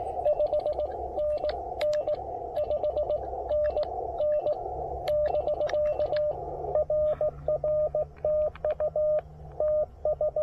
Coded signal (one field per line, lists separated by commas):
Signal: Morse code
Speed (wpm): 18 wpm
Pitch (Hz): 600 Hz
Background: radio noise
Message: 5NN 5NN <BK> RR TU TS